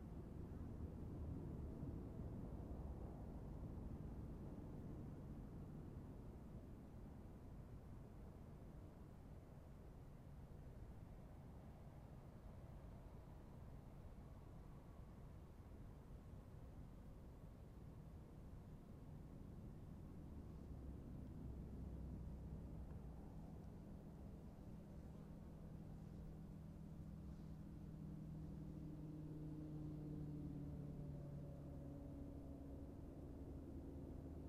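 Aircraft approaching one after another to land on runway 14, heard as a steady, dense low roar that holds through the whole stretch. Toward the end a rising engine whine with tonal bands grows in, and faint brighter hiss sits above the rumble.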